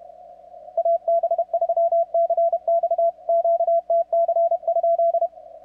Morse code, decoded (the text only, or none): AB3CX QTC?